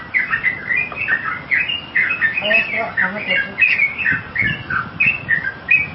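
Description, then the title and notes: Javan myna song: a busy, continuous chatter of short squeaky and chirping notes, with scratchy phrases and a few lower notes mixed in. "Kicau Jalak Kebo"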